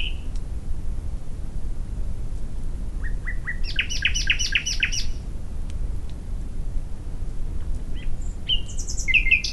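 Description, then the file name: Common nightingale song: a series of short notes leading into a rapid repeated rattle, then a few high chirps and whistles near the end; steady low rumble behind. "Luscinia megarhynchos"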